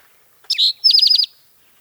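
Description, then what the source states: Spotted Towhee: a loud falling note followed by a rapid high trill of several even pulses. Recorded by Paul Marvin, provided by the Macaulay Library; calls are variable and take practice to recognise.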